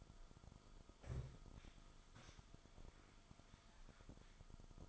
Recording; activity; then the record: daily activity, microphone in the room; sit down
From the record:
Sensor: 5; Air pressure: 1005.1 hPa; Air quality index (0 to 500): 104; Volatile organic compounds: 2 ppm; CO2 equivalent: 1270 ppm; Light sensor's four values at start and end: 34/79/32/30 and 34/79/32/30